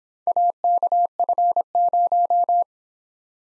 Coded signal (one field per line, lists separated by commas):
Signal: Morse code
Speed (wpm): 25 wpm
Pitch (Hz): 700 Hz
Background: none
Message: AKF0